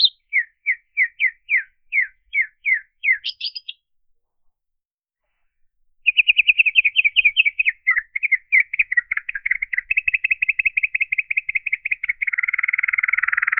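Bird calls: a string of short chirps spaced evenly, a silence of about two seconds, then rapid trilled notes ending in a rougher, buzzier churr.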